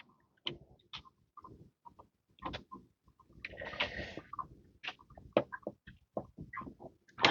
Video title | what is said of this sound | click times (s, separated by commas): Fixing and doing maintenance on my 3D printer | It's not It's not clicking in place. | none